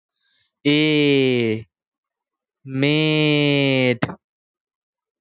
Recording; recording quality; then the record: sustained vowel as in made; excellent, no background noise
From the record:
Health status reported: healthy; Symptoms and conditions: none ticked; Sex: male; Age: 27 years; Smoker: yes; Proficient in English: yes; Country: India